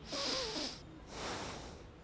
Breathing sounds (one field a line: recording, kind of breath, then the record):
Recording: one breath in and out by a microphone near the nose and mouth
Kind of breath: deep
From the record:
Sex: male